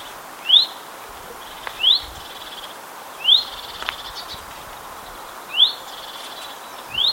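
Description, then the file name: Common chaffinch giving brief upslurred whistled calls at uneven intervals of one to two and a half seconds, with faint background hiss. "Fringilla coelebs"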